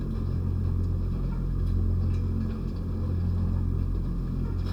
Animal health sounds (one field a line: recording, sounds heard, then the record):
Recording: poultry house recording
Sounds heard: healthy chickens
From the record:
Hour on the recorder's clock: 19